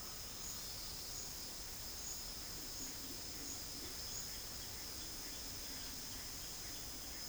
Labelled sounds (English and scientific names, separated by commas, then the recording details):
none
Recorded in dense forest near Puerto Asís, Putumayo, Colombia, on 20 February 2024 at 09:00
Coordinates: 0.481, -76.318
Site G6421